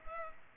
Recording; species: mosquito wingbeat signal from an infrared sensor; Culex pipiens